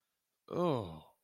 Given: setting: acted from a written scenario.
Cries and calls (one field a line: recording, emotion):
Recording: vocal sound without words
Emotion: disgust